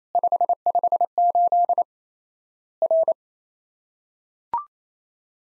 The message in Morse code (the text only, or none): 558 R